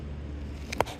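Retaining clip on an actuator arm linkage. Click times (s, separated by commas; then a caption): 0.8 s. A rod is hooked onto an actuator arm and its retaining clip is slid on over a low steady hum. A faint tick at 0.7 s is followed by a sharp snap at 0.8 s as the clip seats on the linkage.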